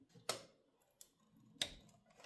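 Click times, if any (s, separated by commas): 1.6 s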